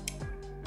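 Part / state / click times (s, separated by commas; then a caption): utility knife blade into knife handle / seated / 0.1 s. A utility knife blade, flipped to its other side because one edge has gone dull, is pushed back into the plastic-handled Wise Up professional utility knife. A sharp click at 0.1 s marks the blade seating and locking into the holder, followed by a softer sound around 0.7 s.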